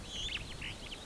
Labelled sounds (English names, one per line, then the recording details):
Superb Starling flight call
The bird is a male
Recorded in Kenya on 13 April 2009 at 08:42
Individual 6, of group CF1